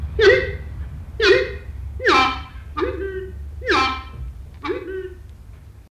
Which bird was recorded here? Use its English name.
Horned Screamer